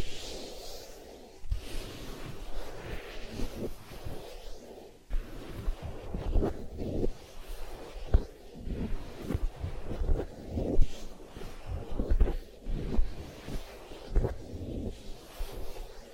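Massage and ear-cleaning sounds: soft, low rubbing and brushing in uneven strokes, with brief sharper scratches and clicks roughly every second or two.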